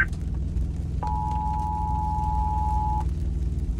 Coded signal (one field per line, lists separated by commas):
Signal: Emergency Alert System (SAME) tones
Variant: 853 and 960 Hz attention tone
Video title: Emergency Alert System